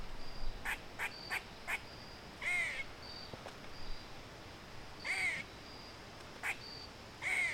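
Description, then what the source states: Squirrel fussing: a quick run of four short harsh chucks, then longer rasping calls repeated every one to three seconds, with faint high insect-like tones between. Squirrel fussing, recorded 13 October 2015.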